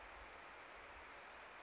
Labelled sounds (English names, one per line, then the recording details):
Pacific Wren
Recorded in Sonoma County, California